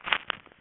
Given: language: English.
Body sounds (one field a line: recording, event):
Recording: throat vibration sensor signal played as sound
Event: swallow